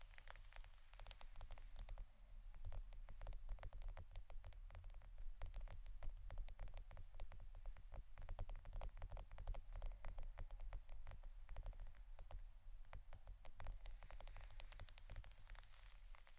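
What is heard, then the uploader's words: Tapping runs through all sixteen seconds, a dense, irregular patter of quick, sharp hits with no pauses, like drops striking a surface. A steady low hum sits underneath the whole time, while the taps themselves stay crisp and bright. ASMR Pure Tapping （No Talking）.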